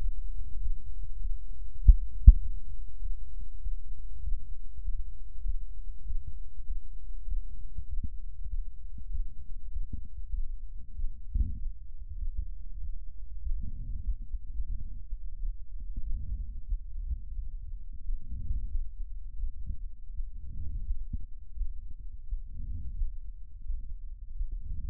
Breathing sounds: lung sounds by stethoscope; left anterior apical chest; quiet breathing, then deep breathing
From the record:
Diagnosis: interstitial lung disease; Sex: female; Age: 68 years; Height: 152 cm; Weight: 76 kg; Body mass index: 32.9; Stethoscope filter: bell mode

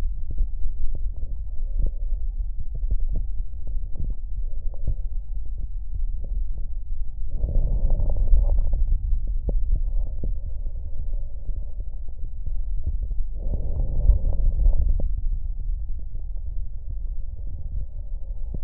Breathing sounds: lung sounds by stethoscope; right anterior apical chest; quiet breathing, then deep breathing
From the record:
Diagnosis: interstitial lung disease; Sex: female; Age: 65 years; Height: 156 cm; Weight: 66.8 kg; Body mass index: 27.4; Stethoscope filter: extended mode

